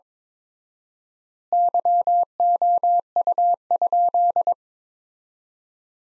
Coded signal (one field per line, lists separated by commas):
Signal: Morse code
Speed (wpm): 21 wpm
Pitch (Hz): 700 Hz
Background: none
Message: YOU?